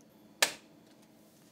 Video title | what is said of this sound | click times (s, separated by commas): Upgrading my 2019 Mac Pro GPU & 128GB RAM - Real World Performance Tests | ah i hate doing that you have to push until you hear the thing click | 0.4 s